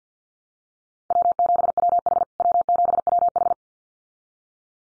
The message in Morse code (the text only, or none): W7WH W7WH